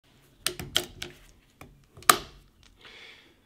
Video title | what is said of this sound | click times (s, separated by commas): TC Thompson Center Encore Won't Lock Up. Trigger Won't Cock. (One Solution) | do you hear that audible click when I shut the gun | 2.1 s